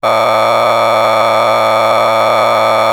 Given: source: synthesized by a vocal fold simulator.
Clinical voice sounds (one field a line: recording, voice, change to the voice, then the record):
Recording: sustained vowel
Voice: male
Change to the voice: a random mix of aspiration noise, stiffness perturbation and strain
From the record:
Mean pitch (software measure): 111 Hz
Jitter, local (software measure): 3.75%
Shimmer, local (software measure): 7.3%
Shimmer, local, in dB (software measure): 0.54 dB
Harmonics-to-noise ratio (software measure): 5.0 dB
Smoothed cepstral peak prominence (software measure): 12.1 dB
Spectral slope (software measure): -12.5 dB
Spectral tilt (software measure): -10.1 dB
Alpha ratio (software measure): -3.0 dB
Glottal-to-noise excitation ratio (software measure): 0.959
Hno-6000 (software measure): 1.8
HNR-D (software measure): 18.6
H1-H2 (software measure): 1.0 dB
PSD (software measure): 3.5e-04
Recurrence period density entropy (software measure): 0.131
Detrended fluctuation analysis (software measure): 0.0309